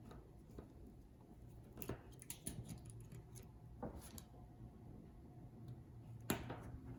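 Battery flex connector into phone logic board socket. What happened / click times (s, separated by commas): The small connector snapped onto its socket / 6.3 s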